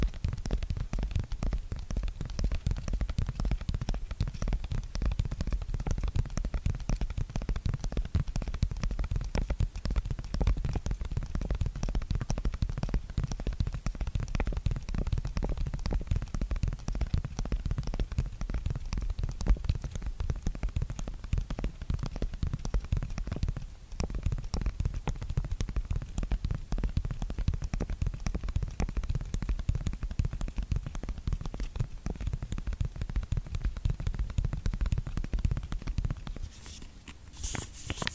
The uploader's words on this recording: Skincare product tapping. Blue yeti microphone.